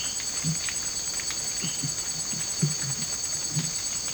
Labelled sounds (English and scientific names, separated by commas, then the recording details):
none
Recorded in dense forest near Puerto Asís, Putumayo, Colombia, on 22 December 2024 at 18:30
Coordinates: 0.484, -76.317
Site G026